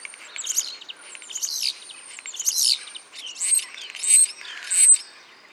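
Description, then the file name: Common starling song, several wheezy, rattling bursts with thin high whistles. "Spreeuw"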